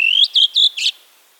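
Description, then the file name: Redwing song, a single brief phrase opening with a long rising whistle, then two clear notes and a scratchy burst. "drozd belobrovik"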